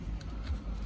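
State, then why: Not seated. Plastic trim pieces are being pushed back onto the housing of a Mercedes W204 C-Class COMAND rotary control knob unit during reassembly after a scroll wheel repair. Low background rumble runs throughout, with two brief sharp ticks near 0.2 and 0.9 seconds. The pieces are still being handled and nothing has seated or clicked home yet.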